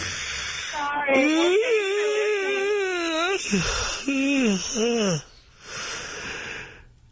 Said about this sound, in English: Am I putting you to sleep over there? Yeah. You know, those yawns are contagious.